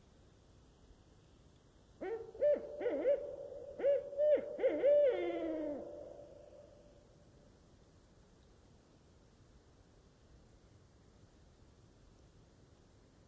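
A barred owl calls from close by in a still night forest, a rapid series of low, rolling hoots from about two to six seconds that rises into a final drawn-out note and fades away. Afterward only a faint, steady hush remains.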